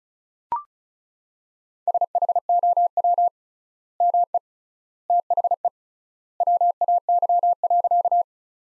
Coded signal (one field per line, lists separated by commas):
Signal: Morse code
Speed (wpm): 36 wpm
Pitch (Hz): 700 Hz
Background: none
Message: SHOW ME THE WAY.